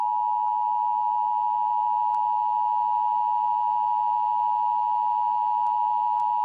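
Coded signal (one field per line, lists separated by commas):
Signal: Emergency Alert System (SAME) tones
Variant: 853 and 960 Hz attention tone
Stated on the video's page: Real EAS alerts from four Logan County, Oklahoma wildfire events in one day.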